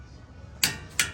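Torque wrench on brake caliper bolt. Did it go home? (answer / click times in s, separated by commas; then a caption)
yes / 0.6 s, 1.0 s. A torque wrench tightening a brake caliper bolt on a Tundra truck gives two sharp, bright clicks at about 0.6 s and 1.0 s over a quiet background. Each click marks the wrench reaching its torque setting, so the bolt is tightened to spec and okay.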